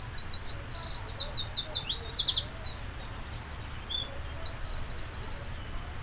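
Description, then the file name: Eurasian wren with an energetic, high-pitched song of quick rattling trills and twitters, ending in a sustained thin buzzy trill, over faint low noise. "Troglodytes troglodytes"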